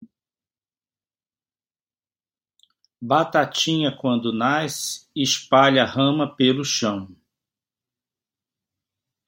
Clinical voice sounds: short text; Brazilian Portuguese; male; 60 to 69 years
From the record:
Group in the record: control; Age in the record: 60 years

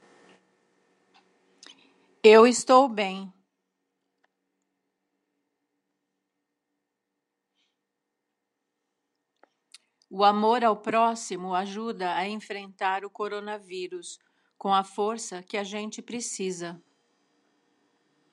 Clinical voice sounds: spoken sentence; Brazilian Portuguese; female; 60 to 69 years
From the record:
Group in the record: control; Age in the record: 69 years

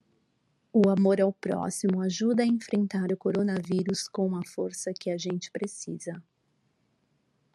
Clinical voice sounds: spoken sentence; Brazilian Portuguese; female; 40 to 49 years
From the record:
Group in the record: control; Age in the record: 41 years

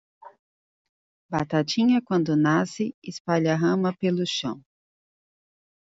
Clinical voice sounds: short text; Brazilian Portuguese; female; 40 to 49 years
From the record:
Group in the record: control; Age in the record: 43 years

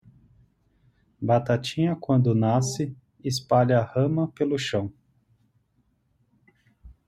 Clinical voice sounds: short text; Brazilian Portuguese; male; 30 to 39 years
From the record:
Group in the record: control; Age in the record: 35 years

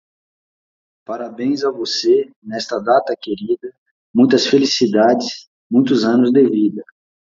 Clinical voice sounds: short text; Brazilian Portuguese; male; 40 to 49 years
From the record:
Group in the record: control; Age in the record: 44 years

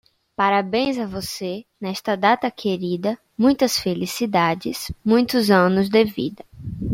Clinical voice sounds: short text; Brazilian Portuguese; female; 20 to 29 years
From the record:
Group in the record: control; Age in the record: 22 years

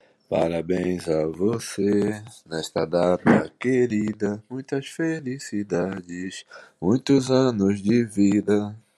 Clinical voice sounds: short text; Brazilian Portuguese; male; 60 to 69 years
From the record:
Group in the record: control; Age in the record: 61 years

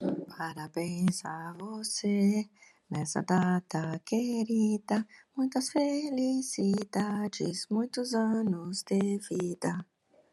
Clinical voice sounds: short text; Brazilian Portuguese; female; 50 to 59 years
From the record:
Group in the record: control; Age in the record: 56 years

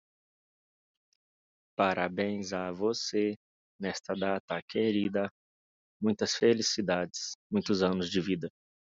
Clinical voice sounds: short text; Brazilian Portuguese; male; 20 to 29 years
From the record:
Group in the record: control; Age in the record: 27 years

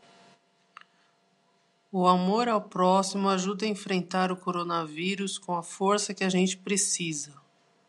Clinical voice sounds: spoken sentence; Brazilian Portuguese; female; 40 to 49 years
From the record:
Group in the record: control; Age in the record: 48 years

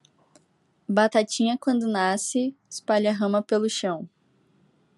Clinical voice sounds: short text; Brazilian Portuguese; female; 18 to 19 years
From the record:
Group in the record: control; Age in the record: 18 years

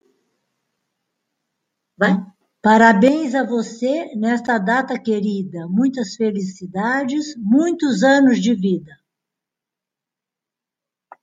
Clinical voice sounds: short text; Brazilian Portuguese; female; 50 to 59 years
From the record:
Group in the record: control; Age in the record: 58 years

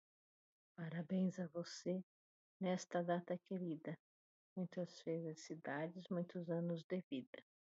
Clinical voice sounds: short text; Brazilian Portuguese; female; 40 to 49 years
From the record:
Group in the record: control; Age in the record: 45 years

